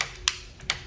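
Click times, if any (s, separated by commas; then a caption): 0.3 s, 0.7 s. The front wheel hold-down arm of a Thule 599 UpRide roof-mounted upright bike rack is pushed down onto the tire. Its ratchet gives sharp clicks at 0.3 and 0.7 seconds as it steps down. The arm ends up tightened to a good snug fit that holds the front wheel securely.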